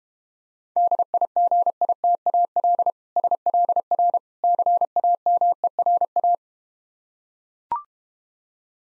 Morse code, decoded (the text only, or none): DIGITAL SLR CAMERA